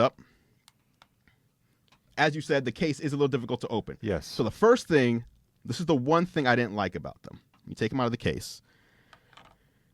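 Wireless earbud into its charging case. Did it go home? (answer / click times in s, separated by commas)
no / none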